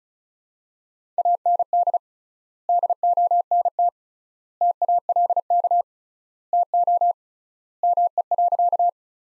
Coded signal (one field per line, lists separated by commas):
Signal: Morse code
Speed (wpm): 34 wpm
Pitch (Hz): 700 Hz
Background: none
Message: AND DONT TALK TO ME.